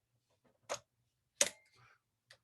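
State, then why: Seated. A manual prime lens is placed on a camera body's bayonet mount and twisted until the locking pin clicks into place at 1.4 seconds, and the lens is seated. A softer tick sounds earlier at about 0.7 seconds and a faint one at 2.3 seconds.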